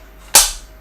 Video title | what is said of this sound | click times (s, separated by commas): Cooler Master Mobile Ren {Unboxing & Overview} | and you hear it click into place, and that's the position for the actual iPad. | 0.4 s